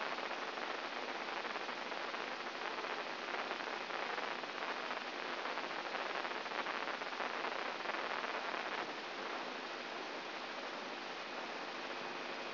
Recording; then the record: brain microelectrode recording played as sound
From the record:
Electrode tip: inside the subthalamic nucleus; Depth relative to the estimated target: -1 mm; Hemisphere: right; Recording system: AlphaMap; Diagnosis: Parkinson's disease